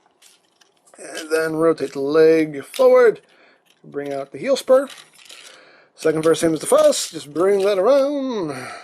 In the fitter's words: and then that will just click in place right there.